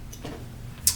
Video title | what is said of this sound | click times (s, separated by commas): Planet Eclipse LV2 vs DLX Luxe TM40 Shooting and Unboxing // Spool vs. Poppet Valve! | to lock that back into place yeah | 0.9 s